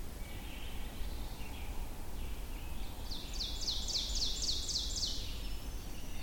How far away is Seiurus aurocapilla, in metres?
about 50 m